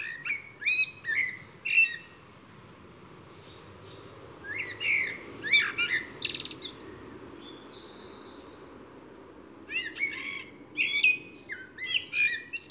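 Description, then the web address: Eurasian blackbird song: three bursts of squeaky chirping notes separated by pauses, over a steady background hiss. "SETE data Turdus merula"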